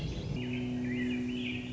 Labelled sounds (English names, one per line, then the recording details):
Swainson's Thrush
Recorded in Sonoma County, California